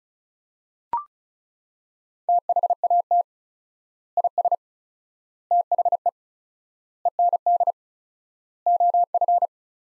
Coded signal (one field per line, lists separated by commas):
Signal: Morse code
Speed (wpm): 36 wpm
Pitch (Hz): 700 Hz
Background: none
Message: THAT IS THE END OF